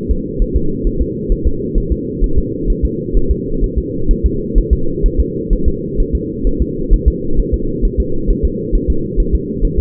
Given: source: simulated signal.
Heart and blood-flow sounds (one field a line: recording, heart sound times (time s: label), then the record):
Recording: fetal heart sounds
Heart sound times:
0.11 s: S2
0.42 s: S1
0.56 s: S2
0.87 s: S1
1.02 s: S2
1.32 s: S1
1.47 s: S2
1.78 s: S1
1.92 s: S2
2.24 s: S1
2.38 s: S2
2.70 s: S1
2.85 s: S2
3.17 s: S1
3.31 s: S2
3.64 s: S1
3.78 s: S2
4.11 s: S1
4.26 s: S2
4.58 s: S1
4.73 s: S2
5.06 s: S1
5.20 s: S2
5.53 s: S1
5.68 s: S2
6.00 s: S1
6.15 s: S2
6.47 s: S1
6.62 s: S2
6.94 s: S1
7.08 s: S2
7.39 s: S1
7.54 s: S2
7.85 s: S1
8.00 s: S2
8.30 s: S1
8.45 s: S2
8.75 s: S1
8.90 s: S2
9.20 s: S1
9.35 s: S2
9.65 s: S1
9.79 s: S2
From the record:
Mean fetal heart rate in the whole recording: 130 bpm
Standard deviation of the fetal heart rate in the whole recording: 2 bpm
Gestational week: 38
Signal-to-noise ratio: -8.1 dB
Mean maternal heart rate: 72 bpm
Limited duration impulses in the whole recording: absent